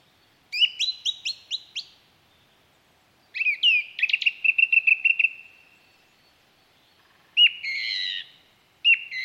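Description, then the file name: Song thrush singing: a note repeated six times, then a rapid stuttering series of clicks and whistles, and later two loud bright phrases. "Zanglijster"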